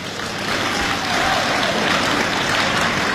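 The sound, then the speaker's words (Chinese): An audience claps steadily for about three seconds, a dense, even patter of many hands that holds at a moderate level without building into a roar, at the stage show Beijing Happy Time 2018, as a performer waits for warmer applause before singing. No voices are heard. “这掌声不热烈，怎么唱这 啊？不，这掌声还不热烈呢。”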